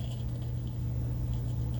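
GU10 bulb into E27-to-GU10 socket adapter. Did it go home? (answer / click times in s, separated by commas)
no / none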